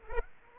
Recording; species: mosquito wingbeat signal from an infrared sensor; Aedes aegypti